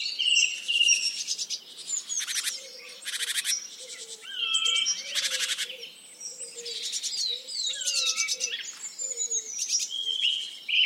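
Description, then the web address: Birds singing with whistled phrases and rattling bursts breaking in repeatedly, while a low soft hooting repeats steadily beneath. Forest in the Urals. "cantando na floresta dos urais colecao de cantos de passaros"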